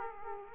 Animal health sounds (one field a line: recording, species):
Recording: mosquito wingbeat signal from an infrared sensor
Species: Aedes aegypti